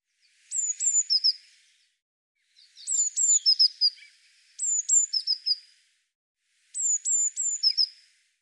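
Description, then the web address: Eurasian blue tit giving bursts of thin, high notes: two or three sharp downslurred whistles followed by a lower buzzy trill, repeated four times over a quiet background. "Deverinetal"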